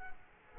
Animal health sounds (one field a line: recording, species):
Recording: mosquito wingbeat signal from an infrared sensor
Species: Culex quinquefasciatus